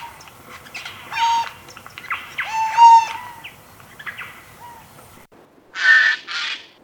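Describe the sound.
Eurasian jay giving two loud, raspy screeches at the end, after a stretch of varied whistles and chirps.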